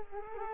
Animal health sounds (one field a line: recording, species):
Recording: mosquito wingbeat signal from an infrared sensor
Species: Culex quinquefasciatus